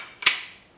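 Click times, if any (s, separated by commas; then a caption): 0.3 s. A touch-and-go quick-release plate, mounted under the dovetail of a camera rig, is pushed down into its matching receiver base. A single sharp snap is heard at 0.3 s, with a brief rising rustle just before it and a short decay afterward. The plate clicks into the base and is seated.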